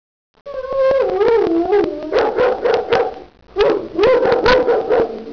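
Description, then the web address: Dog, a drawn-out whining howl that drops in pitch, then bursts of quick harmonic barks and yelps in two runs, with a short pause between them. "Computerworld 1996-03. dog 2"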